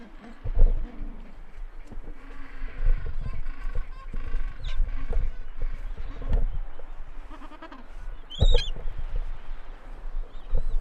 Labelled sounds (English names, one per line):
Gentoo Penguin call